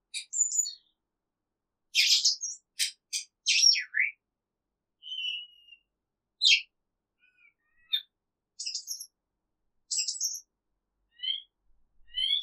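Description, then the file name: Cage bird chirping in short, high, buzzy bursts and quick whistled notes, irregularly spaced with brief silences between, no other sounds. Isolated. "Exotic Cage Bird Isolated"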